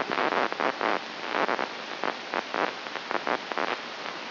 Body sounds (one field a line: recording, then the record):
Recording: brain microelectrode recording played as sound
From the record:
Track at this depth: inside the subthalamic nucleus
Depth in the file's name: 4.938 mm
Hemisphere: right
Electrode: 3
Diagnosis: Parkinson's disease